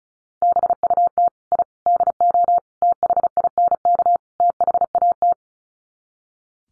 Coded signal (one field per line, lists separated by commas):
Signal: Morse code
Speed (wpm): 34 wpm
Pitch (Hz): 700 Hz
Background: none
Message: BUT I DO THINK THAT